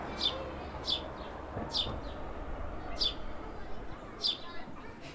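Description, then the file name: House sparrow chirps, five loud single notes spaced roughly a second apart over low steady background noise. "Passer domesticus"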